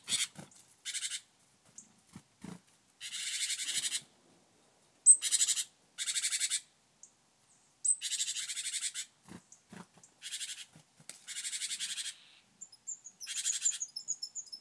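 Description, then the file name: Great tit churring calls, harsh buzzy bursts of about a second each, repeated in a loose series with short gaps, a few softer ticks between them. "Parus major"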